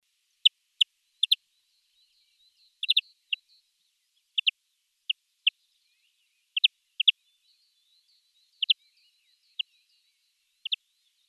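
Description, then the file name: European greenfinch giving short, sharp chirping calls, singly or in quick pairs at irregular intervals, with a faint thin twitter between them. "Chloris chloris"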